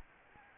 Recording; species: mosquito wingbeat signal from an infrared sensor; Anopheles arabiensis